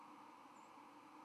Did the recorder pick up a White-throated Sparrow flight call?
yes